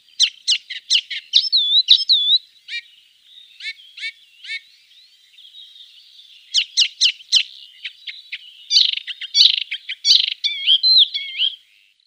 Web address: Schulze Peter Icterine Warbler song